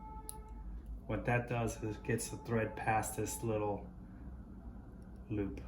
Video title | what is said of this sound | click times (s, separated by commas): Cylinder arm walking foot sewing machine. | and let it click into place | 0.3 s